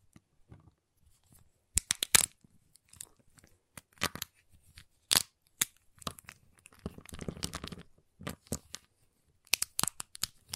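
A giant chocolate bar is tapped, cut and snapped, giving sharp crisp cracks at irregular intervals, with the strongest clusters near two, five and ten seconds. Around seven seconds a longer crunchy grinding stretch runs for about a second, with quiet gaps between bursts.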